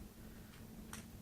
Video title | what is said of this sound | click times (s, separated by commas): Teardown and Upgrade of the Lenovo Thinkpad A485 Ryzen 7 2700U (model 20MU-CT01WW) | this clicks in place. | 0.9 s